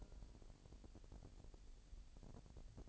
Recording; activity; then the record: daily activity, microphone in the room; take from stove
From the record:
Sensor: 5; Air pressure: 1002.1 hPa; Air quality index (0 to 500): 249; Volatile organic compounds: 9 ppm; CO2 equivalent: 2163 ppm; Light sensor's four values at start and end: 20/43/19/21 and 21/45/20/22